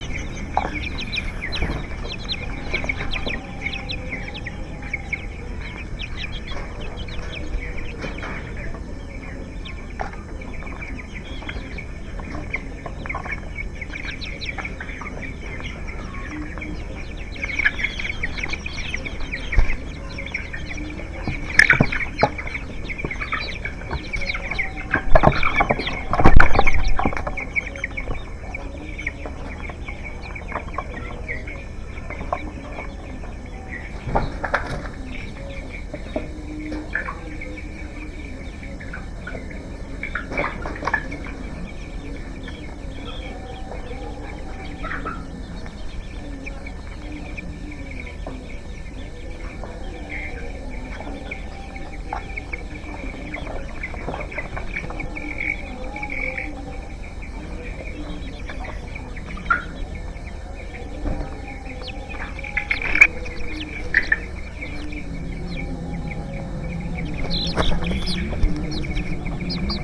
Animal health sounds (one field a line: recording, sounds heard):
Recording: poultry house recording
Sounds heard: healthy chickens